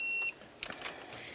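A spark plug is tightened into the cylinder head of a 2006-2010 Ford Explorer with a torque wrench, which gives a sharp, short click at its setting at 0.6 s, confirming the plug is torqued. A brief high-pitched beep sounds before the click, and a softer rustle follows at about 1.1 s.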